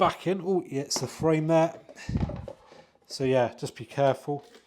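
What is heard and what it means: A removable battery pack for a HOVSCO A5 Mountain Cruiser e-bike is being handled to go back into its mount in the frame while someone talks. Only speech and faint handling noises are heard. Nothing has seated or clicked yet.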